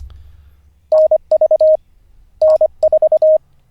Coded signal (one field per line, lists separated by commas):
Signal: Morse code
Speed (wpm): 25 wpm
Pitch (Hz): 620 Hz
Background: none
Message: NV N4